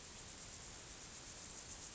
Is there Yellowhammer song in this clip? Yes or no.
no